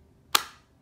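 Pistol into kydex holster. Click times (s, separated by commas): 0.3 s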